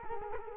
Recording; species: mosquito wingbeat signal from an infrared sensor; Culex quinquefasciatus